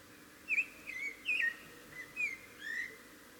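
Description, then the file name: Common blackbird calls: a string of soft squeaky whistled notes, some rising and some falling, spaced unevenly across three seconds. "Turdus merula"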